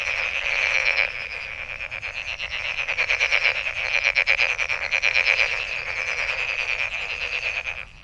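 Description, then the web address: Frog chorus with rapid pulsed croaks, loudness rising midway then easing off. Recorded 23 May 2008. "misc sound frog frog 20080523"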